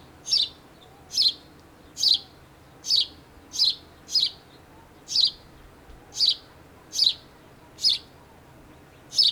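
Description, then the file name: House sparrow calling with single clipped chirps, a little more than one per second, regular and unhurried, with soft background noise underneath. "Passer domesticus"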